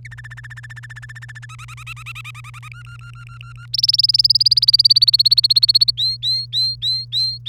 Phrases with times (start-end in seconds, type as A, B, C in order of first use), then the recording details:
0.05-1.46 A, 1.49-2.68 B, 2.71-3.66 C, 3.73-5.91 D, 5.97-7.49 E. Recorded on 1 May 2018 at 07:03. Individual llb3